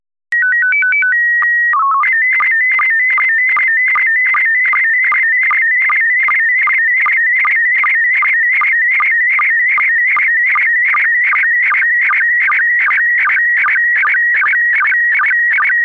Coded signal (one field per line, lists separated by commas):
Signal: SSTV (slow-scan television)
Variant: PD 50